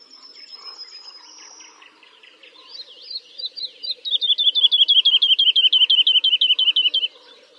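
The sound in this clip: Bird calling: a thin high whistle, then a fast, even series of sharp high notes lasting several seconds.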